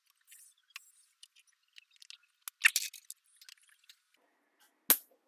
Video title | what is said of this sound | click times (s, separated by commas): Palm Cove 52-inch Ceiling Fan - Detailed Installation | Click. All done. | 4.9 s